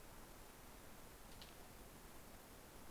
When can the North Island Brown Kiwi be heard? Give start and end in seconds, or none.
none